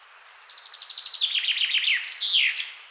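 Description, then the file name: Common chaffinch song: a rapid run of bright notes falling in pitch, ending in a sharp, rising-then-dropping flourish. "Fringilla coelebs"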